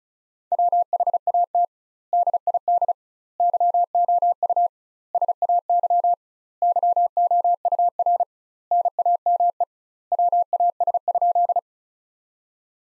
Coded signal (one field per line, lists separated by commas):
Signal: Morse code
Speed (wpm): 34 wpm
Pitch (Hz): 700 Hz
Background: none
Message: WHAT DID YOU SAY YOUR NAME WAS?